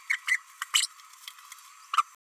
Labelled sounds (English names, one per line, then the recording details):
Green-rumped Parrotlet babbling
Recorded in a nest box in Venezuela
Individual 18B12A1